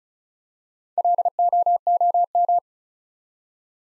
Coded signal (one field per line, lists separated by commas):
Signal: Morse code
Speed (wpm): 36 wpm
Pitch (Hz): 700 Hz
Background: none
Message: LOOM